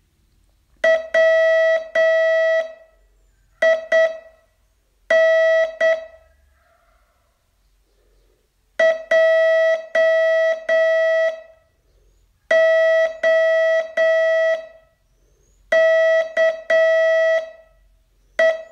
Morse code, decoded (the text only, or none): WIN JOKE